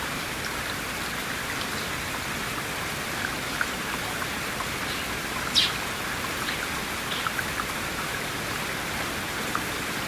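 Rain falls steadily throughout, a dense, even hiss concentrated in the upper-middle range. Small individual drops tick through the wash now and then, with a brighter, sharper drip standing out around five and a half seconds.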